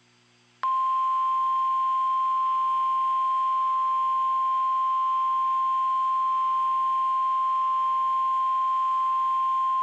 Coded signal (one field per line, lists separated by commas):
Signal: Emergency Alert System (SAME) tones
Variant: 1050 Hz attention tone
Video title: EAS 145 - Severe Thunderstorm Warning Dickson TN